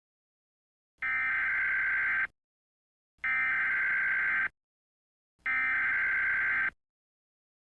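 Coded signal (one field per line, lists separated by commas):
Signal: Emergency Alert System (SAME) tones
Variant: header bursts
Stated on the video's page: A simulated nuclear attack EAS scenario, a fictional long-form mock.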